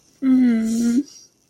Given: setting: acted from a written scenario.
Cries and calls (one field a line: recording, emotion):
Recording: vocal sound without words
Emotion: guilt